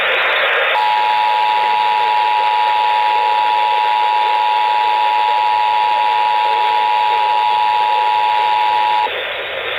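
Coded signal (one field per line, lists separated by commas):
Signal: Emergency Alert System (SAME) tones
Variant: 853 and 960 Hz attention tone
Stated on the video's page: National EAS test received on a weather radio tuned to 90.1 FM; the National Weather Service did not forward the alert to weather radio frequencies.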